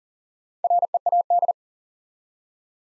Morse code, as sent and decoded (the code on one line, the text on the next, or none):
.-. . .- -..
READ